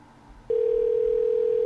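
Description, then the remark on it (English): A telephone dial tone, heard while calling a number back, cuts in after a brief moment of low line hiss, then holds as a loud, steady, unbroken hum at one mid-low pitch until the end. “Let's call back. Because I'm curious.”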